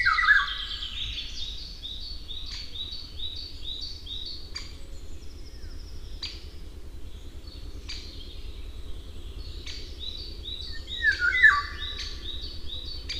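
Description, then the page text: Eurasian golden oriole giving loud, fluty whistled phrases, one at the start and another near the end, while another bird repeats high chirping notes in between. "Jarek Matusiak - Обыкновенная иволга (Oriolus oriolus)"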